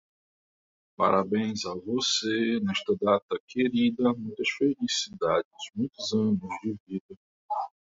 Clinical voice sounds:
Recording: short text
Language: Brazilian Portuguese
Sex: male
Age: 40 to 49 years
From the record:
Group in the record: control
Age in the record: 41 years

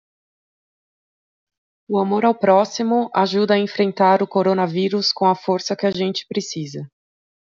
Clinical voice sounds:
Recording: spoken sentence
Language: Brazilian Portuguese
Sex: female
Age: 30 to 39 years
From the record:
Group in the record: control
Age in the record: 37 years

